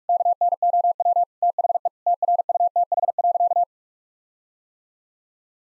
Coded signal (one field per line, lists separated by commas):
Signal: Morse code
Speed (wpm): 46 wpm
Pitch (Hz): 700 Hz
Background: none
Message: KNOW THE TRUTH.